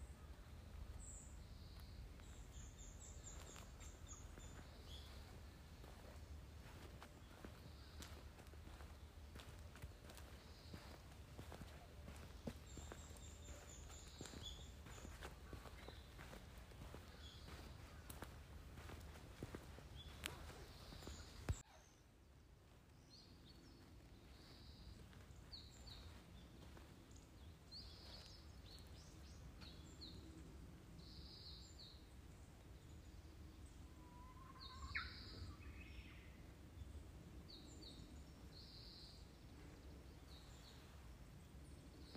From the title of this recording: birds, woods, in walking